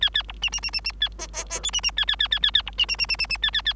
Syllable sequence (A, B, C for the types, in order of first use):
A A B C C C C C A D D D E C C A A A A A A B C C C C C C A A A